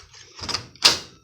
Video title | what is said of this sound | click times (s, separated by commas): pattern knitting on Brother 8 button machines lace | is the release button the turquoise button clicks | 0.9 s